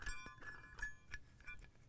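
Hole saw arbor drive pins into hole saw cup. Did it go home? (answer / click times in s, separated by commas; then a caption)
no / none. A hole saw is threaded onto its arbor from a Spyder 14-piece carbide hole saw kit, with the spring-loaded collar and its steel drive pins being readied to engage the holes in the saw cup. Light metallic clinks and handling noises sound at about 0.8, 1.1 and 1.6 seconds. Nothing has seated or clicked into place yet; the pins have not snapped home and the plate is not yet flat and flush.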